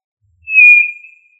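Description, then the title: Tinamou giving one sustained, clear high whistle that fades out. "Familia Tinamidae - Quail - Puyuh"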